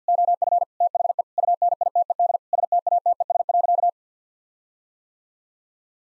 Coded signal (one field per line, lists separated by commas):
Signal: Morse code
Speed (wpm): 50 wpm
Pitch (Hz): 700 Hz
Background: none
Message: OF THE UNITED STATES.